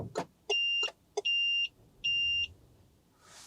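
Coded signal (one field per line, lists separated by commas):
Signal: beep code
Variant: card-key car alarm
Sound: a click, then three steady high beeps separated by short clicks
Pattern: 3 short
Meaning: Three beeps indicate the volumetric sensor is disarmed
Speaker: and then it beeps three times telling you that the volumetric sensor is this disarmed now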